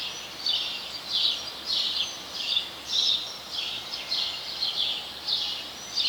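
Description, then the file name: House sparrow chirping: repeated short, harsh chirps at an uneven pace, backed by steady noise. "Passer domesticus"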